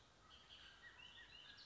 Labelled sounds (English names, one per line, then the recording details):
Bullock's Oriole
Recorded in Sonoma County, California